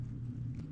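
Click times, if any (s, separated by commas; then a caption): none. An Allen wrench pushes the manual cam chain tensioner plunger in a Gen 1 Suzuki Hayabusa motorcycle engine while the engine is rotated forward slightly. Only a steady low rumble is heard, with a faint brief wash of noise around 0.6 s. Nothing has seated or clicked yet.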